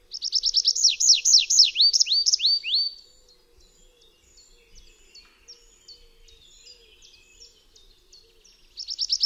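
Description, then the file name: Tree pipit song: rapid high notes slowing into long sweeping slurs, followed by a soft series of quieter repeated notes, then a new loud burst of trilling starts. "ŚWIERGOTEK DRZEWNY"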